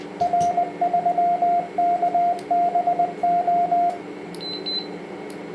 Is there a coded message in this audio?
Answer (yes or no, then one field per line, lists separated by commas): yes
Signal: Morse code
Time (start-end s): 0.2-3.9 s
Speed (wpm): 20 wpm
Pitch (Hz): 700 Hz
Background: radio noise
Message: R3KBO